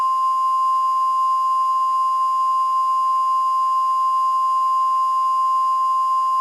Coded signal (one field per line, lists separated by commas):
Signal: Emergency Alert System (SAME) tones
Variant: 1050 Hz attention tone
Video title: EAS Alarms of the World